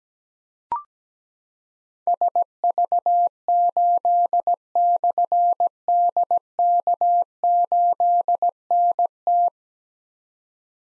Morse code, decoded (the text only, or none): SV8/DK8NT